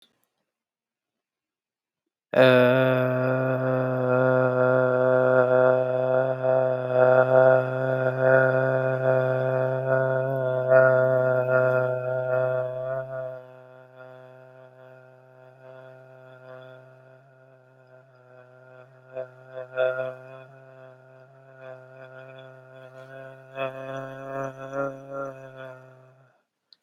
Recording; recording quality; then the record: sustained vowel as in made; excellent, no background noise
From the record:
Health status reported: healthy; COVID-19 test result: not tested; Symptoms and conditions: none ticked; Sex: male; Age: 24 years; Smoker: not ticked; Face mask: not worn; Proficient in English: yes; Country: United States